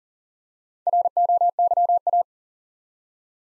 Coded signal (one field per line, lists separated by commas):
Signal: Morse code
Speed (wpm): 40 wpm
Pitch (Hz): 700 Hz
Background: none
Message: ROYA